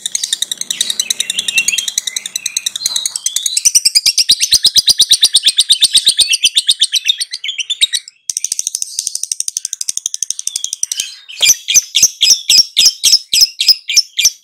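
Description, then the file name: Lovebird giving continuous rapid, high chattering twitters that shift in tone, with a short break near eight seconds and more clipped chirps toward the end. "suara lovebird"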